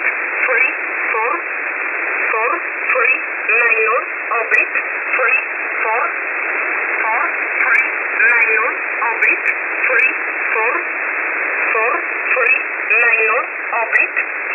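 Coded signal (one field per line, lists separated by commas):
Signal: numbers station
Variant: E11 Oblique, English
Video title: 16 02 2023 Numbers station E11 Oblique in English to Eu in USB mode 0820 on 5149 Warsaw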